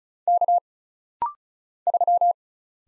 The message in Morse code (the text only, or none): K 3